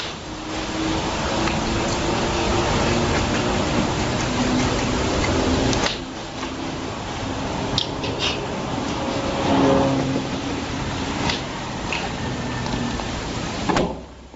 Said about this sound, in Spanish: Esto es lo que se escucha, el picado de un avión, el silbido que produce al arrojar una bomba. Es una de las muchas grabaciones, muchas psicofonías que se han obtenido en el lugar.